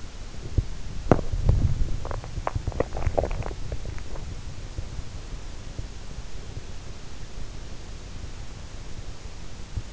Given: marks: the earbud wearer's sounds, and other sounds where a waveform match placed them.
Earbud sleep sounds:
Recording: sounds in sleep by an in-ear microphone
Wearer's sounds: body movement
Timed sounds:
0.00-4.25 s: body movement

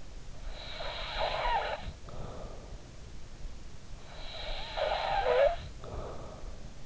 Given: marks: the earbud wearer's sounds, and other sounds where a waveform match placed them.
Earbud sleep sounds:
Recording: sounds in sleep by an in-ear microphone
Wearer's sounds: snoring breath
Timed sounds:
0.52-2.88 s: snoring breath
4.11-6.86 s: snoring breath

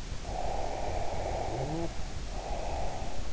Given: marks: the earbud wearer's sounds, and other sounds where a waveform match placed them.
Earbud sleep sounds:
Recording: sounds in sleep by an in-ear microphone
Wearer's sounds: snoring breath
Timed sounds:
0.19-3.33 s: snoring breath

